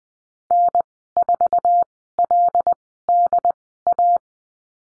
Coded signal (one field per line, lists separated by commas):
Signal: Morse code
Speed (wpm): 20 wpm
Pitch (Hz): 700 Hz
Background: none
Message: N4LDA